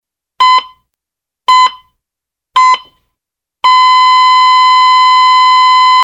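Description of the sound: Three heart monitor beeps at about 56 per minute, then a continuous tone: the flatline alarm signalling no detected heartbeat.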